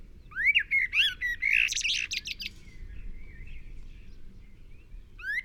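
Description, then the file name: Common blackbird song: a short run of liquid whistled notes ending in a harsh, high chattering twitter, then quiet with a brief new note at the end. "Turdus merula"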